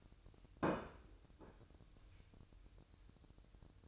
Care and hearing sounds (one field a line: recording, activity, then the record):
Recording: daily activity, microphone in the room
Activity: place plate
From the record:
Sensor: 2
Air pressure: 988.5 hPa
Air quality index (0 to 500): 192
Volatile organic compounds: 194 ppm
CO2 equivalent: 4191 ppm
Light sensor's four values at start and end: 19/65/25/24 and 19/65/25/24